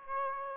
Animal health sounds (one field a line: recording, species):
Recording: mosquito wingbeat signal from an infrared sensor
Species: Aedes aegypti